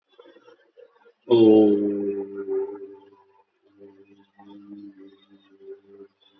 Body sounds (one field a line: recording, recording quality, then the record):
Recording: sustained vowel as in boot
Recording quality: excellent, no background noise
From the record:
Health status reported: healthy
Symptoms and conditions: cold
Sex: male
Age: 38 years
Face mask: not worn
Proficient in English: yes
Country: India